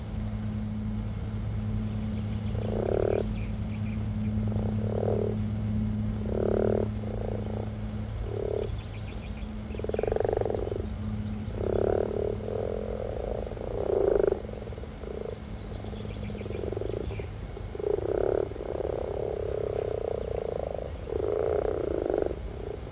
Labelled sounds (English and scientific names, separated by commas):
Common Frog (Rana temporaria) call